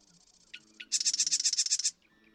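Marsh Wren song: two sharp introductory clicks, then a loud, rapid, gurgling rattle lasting about a second, with a faint high trill beforehand.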